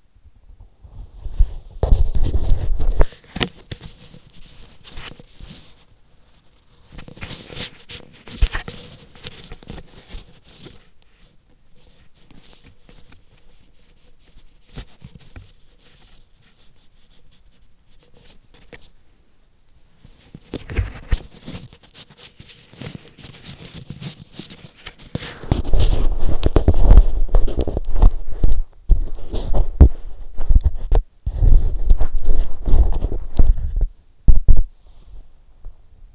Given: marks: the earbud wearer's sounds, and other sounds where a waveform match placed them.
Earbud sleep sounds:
sounds in sleep by an in-ear microphone; body movement
0.00-36.15 s: body movement

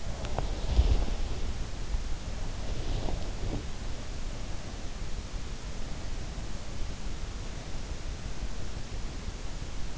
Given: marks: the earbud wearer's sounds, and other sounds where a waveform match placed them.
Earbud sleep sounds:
sounds in sleep by an in-ear microphone; body movement
0.00-3.67 s: body movement

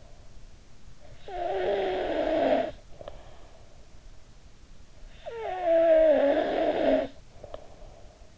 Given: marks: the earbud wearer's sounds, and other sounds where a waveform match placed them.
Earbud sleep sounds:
sounds in sleep by an in-ear microphone; snoring breath
0.78-3.98 s: snoring breath
4.84-8.38 s: snoring breath

